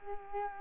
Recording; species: mosquito wingbeat signal from an infrared sensor; Culex quinquefasciatus